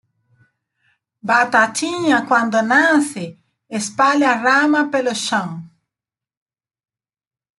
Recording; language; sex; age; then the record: short text; Brazilian Portuguese; female; 50 to 59 years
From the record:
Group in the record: control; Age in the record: 52 years